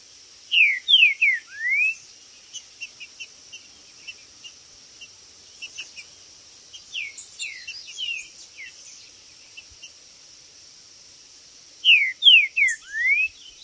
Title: TRINCA Piando, Cantando E Macheando Na DISPUTA